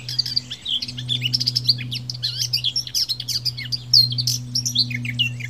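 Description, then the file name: Eurasian blackcap delivering a dense, hurried warble of chattering and sweeping whistled notes, with a low electrical hum throughout. "Sylvia atricapilla"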